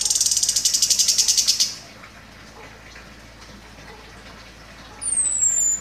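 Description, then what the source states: Orange-headed thrush song beginning with a fast buzzy pulsed rattle, followed by a quiet stretch and a high, thin sliding whistle. Described as gacor, meaning singing actively.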